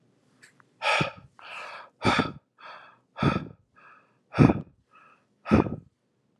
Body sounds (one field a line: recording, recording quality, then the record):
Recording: shallow breathing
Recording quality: excellent, no background noise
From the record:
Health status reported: exposed to COVID-19, no respiratory illness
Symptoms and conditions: fatigue, hypertension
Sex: male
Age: 66 years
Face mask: not worn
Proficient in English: yes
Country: United States